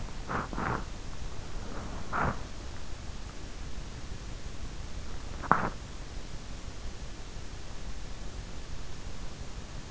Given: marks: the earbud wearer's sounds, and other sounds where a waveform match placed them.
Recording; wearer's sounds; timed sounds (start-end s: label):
sounds in sleep by an in-ear microphone; body movement, teeth grinding
0.00-2.77 s: body movement
4.78-6.27 s: teeth grinding